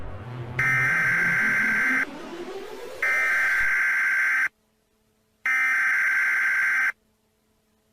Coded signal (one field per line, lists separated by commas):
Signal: Emergency Alert System (SAME) tones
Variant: header bursts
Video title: redbone but its actually an EAS alien broadcast